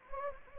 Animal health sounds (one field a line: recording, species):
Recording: mosquito wingbeat signal from an infrared sensor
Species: Anopheles gambiae